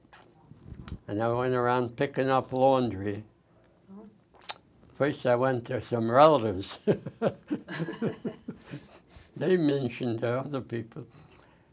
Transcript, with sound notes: and I went around picking up laundry. First I went to some relatives. [laughs] They mentioned to other people.